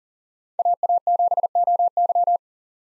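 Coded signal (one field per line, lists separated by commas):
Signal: Morse code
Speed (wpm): 40 wpm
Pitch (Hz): 700 Hz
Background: none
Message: AA7OY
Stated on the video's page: Morse head-copy drill at 40 wpm of common SOTA chaser call signs, each sent, spoken, then sent again.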